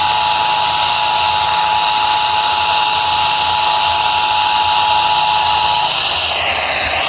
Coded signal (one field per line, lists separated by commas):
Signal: Emergency Alert System (SAME) tones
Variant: 853 and 960 Hz attention tone